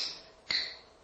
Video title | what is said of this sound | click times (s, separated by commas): Britax First Class Plus | when you hear that noise that does then tell you that it is the right tension for the child | 0.5 s